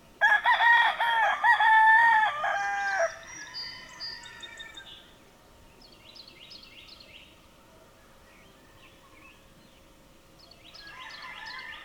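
Bird calls: a rooster gives one loud, harsh crow lasting about three seconds, followed by quiet high chirps and twitters from small birds.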